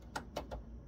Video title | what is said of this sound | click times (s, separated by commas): How to add 2.5" flexbay backplane to R730xd 24 SFF bay that doesn't have it already | and then just push it forward until the little blue b locks into place | 0.2 s